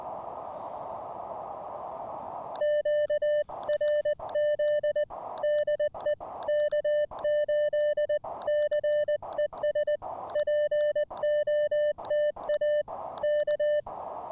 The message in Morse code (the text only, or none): QRZ DE K8CES POTA K